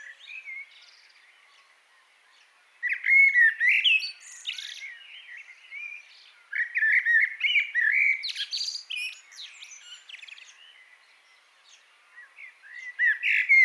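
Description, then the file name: Common blackbird song: low fluting warbled phrases, each ending in a thin high twitter, with pauses of a few seconds between phrases. "Turdus merula"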